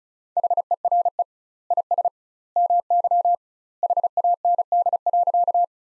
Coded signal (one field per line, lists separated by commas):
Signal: Morse code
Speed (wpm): 36 wpm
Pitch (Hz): 700 Hz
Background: none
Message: HERE IS MY HAND.